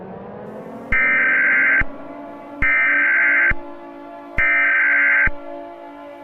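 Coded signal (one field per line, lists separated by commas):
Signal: Emergency Alert System (SAME) tones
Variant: header bursts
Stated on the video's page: Fictional volcanic eruption EAS scenario.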